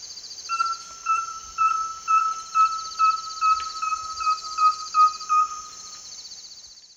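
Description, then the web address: Rusty-belted tapaculo delivering a steady series of about a dozen clear, level whistles, with insects buzzing high above. Recorded in the eastern lowlands of South America. "Natures Songs S America Eastern Lowlands. Rusty-belted Tapaculo"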